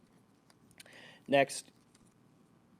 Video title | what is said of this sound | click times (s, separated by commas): Transformers Velocitron Cosmos, Hauler, and Roadrocket Review | into place and you'll hear it kind of Click into place | 0.8 s